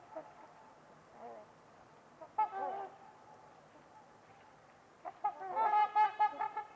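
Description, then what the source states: Trumpeter swans give brassy honks, scattered at first, then a busier run of trumpeting calls near the end. Trumpeter swans on a winter's eve at Winters Lake in a deep, silent valley.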